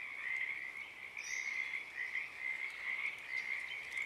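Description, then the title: Pacific tree frog chorus of many overlapping creaky calls forming a steady pulsing drone, with a brief higher sound near the middle. Wild chorus starting and stopping, recorded in the morning of Friday 7 April 2023 at a wildlife refuge in Portland, Oregon, USA; chorus uncommon at that time of day. "Oaks Bottom Frogs"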